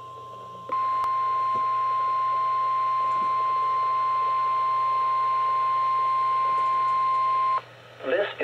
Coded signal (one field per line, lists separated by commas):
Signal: Emergency Alert System (SAME) tones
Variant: 1050 Hz attention tone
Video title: Midland HH54 VP2 NOAA Required Weekly Test (EAS #18)